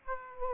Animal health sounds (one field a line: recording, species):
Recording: mosquito wingbeat signal from an infrared sensor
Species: Aedes aegypti